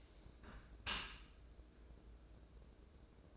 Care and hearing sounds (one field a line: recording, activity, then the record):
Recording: daily activity, microphone in the room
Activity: close dishwasher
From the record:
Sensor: 2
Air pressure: 1012.2 hPa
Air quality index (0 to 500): 133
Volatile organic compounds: 2 ppm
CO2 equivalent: 984 ppm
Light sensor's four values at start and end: 313/766/312/318 and 313/766/312/318